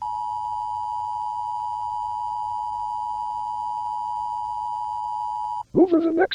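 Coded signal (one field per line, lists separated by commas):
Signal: Emergency Alert System (SAME) tones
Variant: 853 and 960 Hz attention tone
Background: speech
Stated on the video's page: Fictional EAS hijack.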